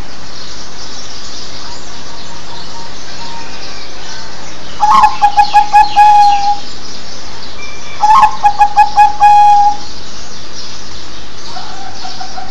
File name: เสียงนกเขาชวา